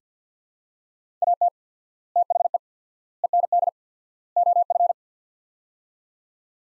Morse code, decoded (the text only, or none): AT THE END OF